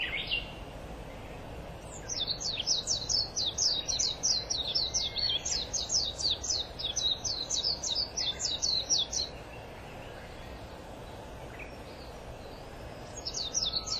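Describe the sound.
White-eye twittering song, a long rapid stream of high, sweet chirps lasting about seven seconds, then a pause and a brief restart, with soft background noise.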